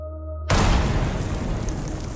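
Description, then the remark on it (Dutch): A quiet low hum gives way to a sudden, loud explosion at about half a second of a mortar shell bursting too early in Mali, followed by a sustained roaring, crackling rumble that spreads across the whole spectrum. “De ontploffing van een mortiergranaat in Mali.”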